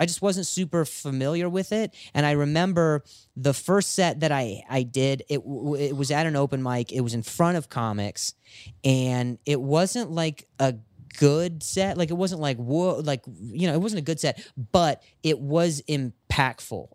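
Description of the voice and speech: Adult male speech with prolonged sounds, part-word repetitions and hard glottal onsets, consistent with acquired stuttering that began after being hit and injured badly enough to need hospital care.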